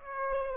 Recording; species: mosquito wingbeat signal from an infrared sensor; Aedes aegypti